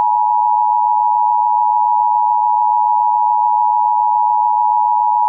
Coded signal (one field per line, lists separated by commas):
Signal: Emergency Alert System (SAME) tones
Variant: 853 and 960 Hz attention tone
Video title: EAS Scenario - The Cube Pt. 1